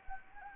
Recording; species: mosquito wingbeat signal from an infrared sensor; Anopheles arabiensis